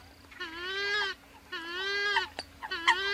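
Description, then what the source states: Western swamphen giving loud nasal bleating wails, two drawn-out and a third cut off, with a steady low hum behind. Recording played on a radio show; hosts say it sounds like it is complaining and call the species very quarrelsome and combative, constantly fighting; it feeds using its feet.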